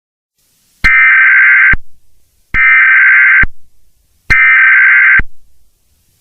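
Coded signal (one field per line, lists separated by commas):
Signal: Emergency Alert System (SAME) tones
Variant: header bursts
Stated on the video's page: Fictional mock EAS tsunami alert scenario for Myrtle Beach, South Carolina.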